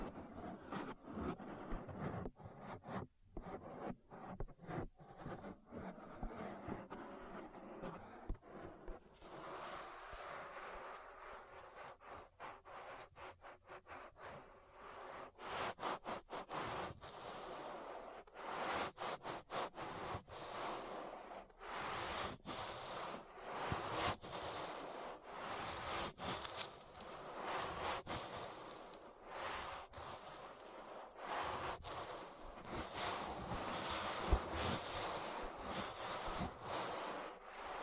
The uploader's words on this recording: ASMR Relaxing Ear Massage. (No Talking).